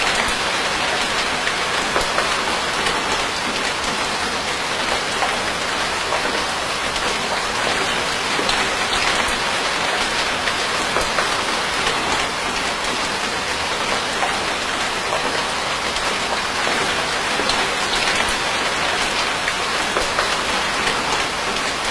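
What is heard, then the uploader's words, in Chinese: Rain falls steadily in a forest, a dense, even hiss of countless drops that never lets up across the whole clip. Tiny patters and taps on leaves flicker through the wash, which sits bright and full with little low rumble. 森林下雨声。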